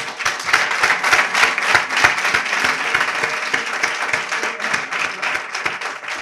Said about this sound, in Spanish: Un aplauso para ellos, ¿eh?